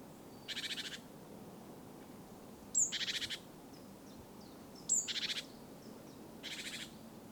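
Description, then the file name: Great tit calls: four buzzy pulsed churrs, two preceded by a high sharp note, with faint thin chirps between them. "Parus major"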